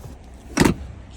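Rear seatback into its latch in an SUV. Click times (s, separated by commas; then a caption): 0.6 s. In a 2018 GMC Terrain SLT diesel SUV, the folded rear seatback is raised and pushed into its latch. A single sharp click sounds at 0.6 s over quiet background noise. The seatback latches upright.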